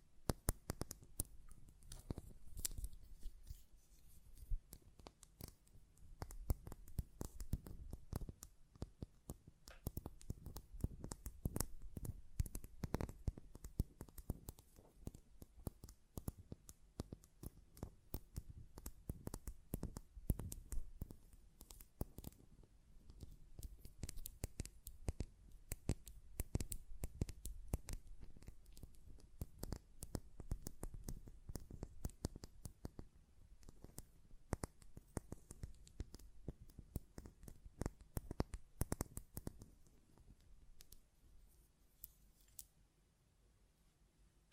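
A glass perfume bottle is tapped and its lid handled in dense, irregular clicks and knocks that thin out near the end.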